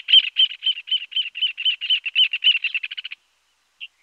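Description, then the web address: Rufous hornero giving a fast, even run of sharp, ringing notes that speeds slightly before stopping, followed by one last short note. Recorded in the Pantanal, Brazil. "sescpantanal. Joao de barro"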